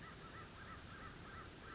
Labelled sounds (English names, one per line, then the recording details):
American Crow
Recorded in Sonoma County, California